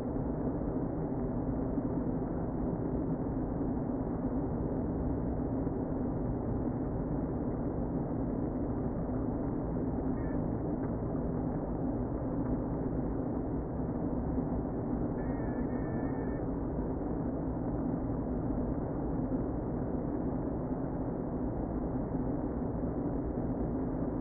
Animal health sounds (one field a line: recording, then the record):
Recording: honeybee colony, microphone inside the hive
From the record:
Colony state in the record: queen present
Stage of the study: before two queens were removed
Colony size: about 60,000 bees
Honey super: yes